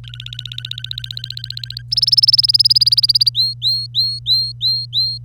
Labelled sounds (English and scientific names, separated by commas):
Domestic Canary (Serinus canaria) song